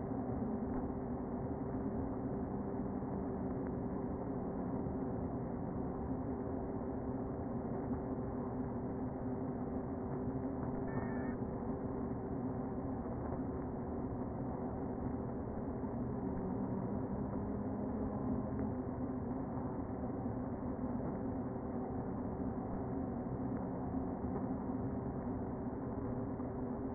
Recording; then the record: honeybee colony, microphone inside the hive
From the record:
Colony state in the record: queen present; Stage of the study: before two queens were removed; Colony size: about 60,000 bees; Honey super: yes